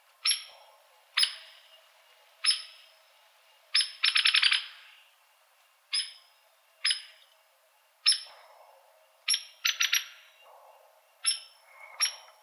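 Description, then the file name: Hairy woodpecker calls: crisp, piercing single notes repeated at somewhat irregular intervals, with a couple of short rapid rattles, over faint background hiss. Calls recorded in Arizona on 5 February 2007. "HAWO CALLS. deviche"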